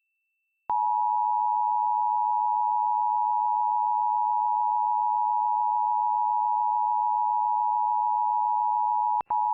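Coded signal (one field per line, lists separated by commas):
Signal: Emergency Alert System (SAME) tones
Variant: 853 and 960 Hz attention tone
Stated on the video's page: Pennsylvania Required Monthly Test relayed by FM radio stations and a TV subchannel, sent about ten minutes late.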